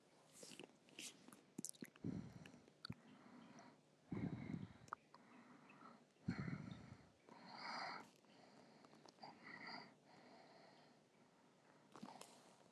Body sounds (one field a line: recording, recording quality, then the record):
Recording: shallow breathing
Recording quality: poor, much background noise or distortion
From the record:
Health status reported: healthy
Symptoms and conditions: hypertension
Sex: female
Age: 55 years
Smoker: not ticked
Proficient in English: yes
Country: United States